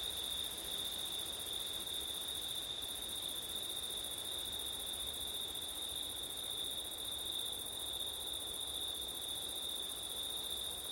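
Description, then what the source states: Cricket chorus of unbroken high-pitched trills running throughout, over a low background hiss of wind. Crickets at night in September, with wind; recorded with an ORTF stereo setup (given as 'ortif').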